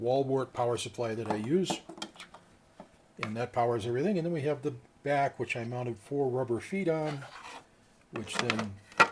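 Someone talks while handling the plastic back cover of a DIY volt-amp-watt meter enclosure box, a cover fitted with four rubber feet, as it is brought to the enclosure to snap in place. Brief faint handling taps and rubs sound in a pause in the talking, around 2.0 to 2.8 seconds. The clip ends before the cover goes home; nothing has seated or clicked yet.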